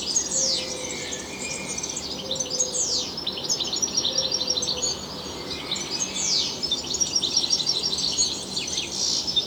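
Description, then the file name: European goldfinch giving a lively twittering song with repeated sweeping downward slurs mixed into quick chirps, over a faint steady hum. "Carduelis carduelis"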